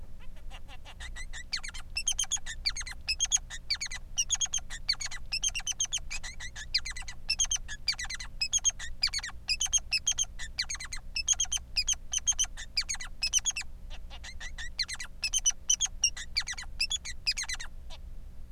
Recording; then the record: song of a male Bengalese finch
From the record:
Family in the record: son of father 3